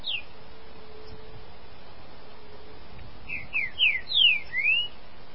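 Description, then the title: Green-winged saltator song: one opening whistle, a pause with faint hum, then a quick phrase of five clear slurred whistled notes, rising and falling. "Trinca Ferro"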